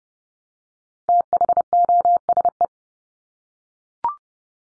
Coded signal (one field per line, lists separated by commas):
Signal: Morse code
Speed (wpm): 30 wpm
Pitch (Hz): 700 Hz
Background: none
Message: THOSE